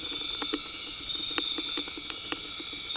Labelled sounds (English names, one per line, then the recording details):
none
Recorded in dense forest near Puerto Asís, Putumayo, Colombia, on 12 March 2025 at 19:30
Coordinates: 0.500, -76.322
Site GP06